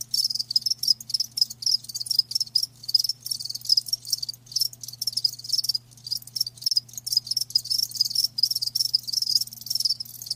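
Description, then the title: Cricket chirping, dense high rapid pulses in restless ongoing bursts, a faint low hum constant throughout. Live crickets chirping; a lulling song. "Live Crickets Chirping"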